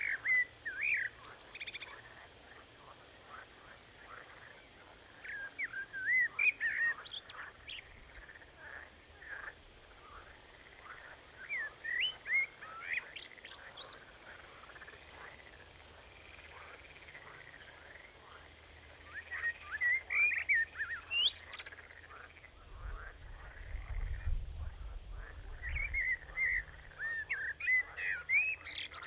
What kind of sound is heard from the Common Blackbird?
song